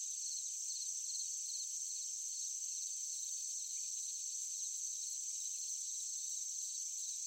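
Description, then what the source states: Crickets trilling in rapid, even bursts above an unbroken high-pitched buzz of insects. Forest at night, with other insects calling.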